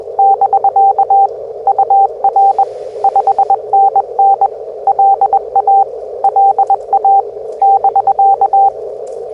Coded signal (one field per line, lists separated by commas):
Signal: Morse code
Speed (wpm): 21 wpm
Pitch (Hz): 790 Hz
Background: radio noise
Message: <BK> UR 5NN LA LA <BK>